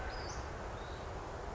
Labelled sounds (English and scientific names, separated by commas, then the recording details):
Western Flycatcher (Empidonax difficilis)
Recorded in Sonoma County, California